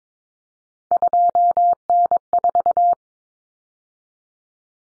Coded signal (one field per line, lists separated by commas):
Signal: Morse code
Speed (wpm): 22 wpm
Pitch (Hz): 700 Hz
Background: none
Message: 2N4